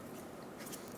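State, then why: Not seated. A plastic wiring harness connector is pushed onto the vacuum solenoid while replacing the throttle body assembly on a 2007-2011 Toyota Camry (2.4L L4). Only a steady, soft scraping and rubbing noise is heard for the full second, with no sharp snap. Nothing has clicked or seated yet; the connector is not on.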